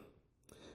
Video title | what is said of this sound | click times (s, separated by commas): how to repair any phone screen without replacing must watch | Just clicks right in. | 0.5 s